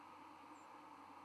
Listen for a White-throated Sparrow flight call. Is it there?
no